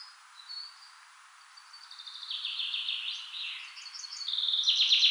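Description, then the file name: Common chaffinch singing: a few faint high notes, then trilled song phrases that grow louder toward the end, over light background hiss. "Fringilla coelebs"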